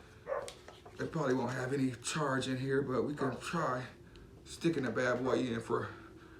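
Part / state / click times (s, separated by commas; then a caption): flight battery into mini drone battery bay / not seated / none. A flight battery is handled near the battery bay of a Potensic Dreamer Mini 1080p WiFi FPV camera drone while someone talks, with a few brief handling sounds early in the clip. The battery has not yet seated or clicked into place.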